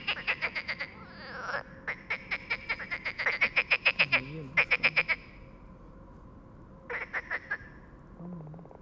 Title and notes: 37130 Bréhémont, France - Trying to communicate with Frogs. Nous avions établis le camp à coté d'un étang peuplé de grenouilles qui se sont mise à chanter toute la nuit. Elles se mettent cependant à chanter lorsqu'un train de marchandises passe au loin. A little pond next to the river Loire